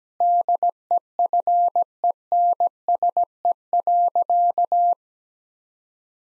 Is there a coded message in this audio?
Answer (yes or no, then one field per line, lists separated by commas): yes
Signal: Morse code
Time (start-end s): 0.2-4.9 s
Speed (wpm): 17 wpm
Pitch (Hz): 700 Hz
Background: none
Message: DEFENSE.